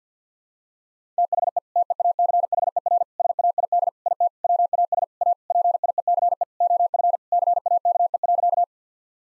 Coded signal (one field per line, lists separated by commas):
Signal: Morse code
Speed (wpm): 50 wpm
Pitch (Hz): 700 Hz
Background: none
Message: THE TEACHER SAID IT WAS A PIECE OF CAKE.